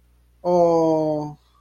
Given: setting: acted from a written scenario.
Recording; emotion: vocal sound without words; adoration